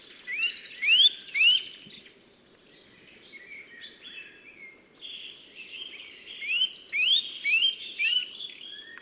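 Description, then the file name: Eurasian nuthatch calling with rising whistles in short bursts, three early and several more later, with other twittering in between. "Sitta europaea"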